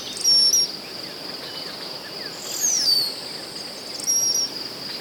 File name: Molothrus ater - Brown-headed Cowbird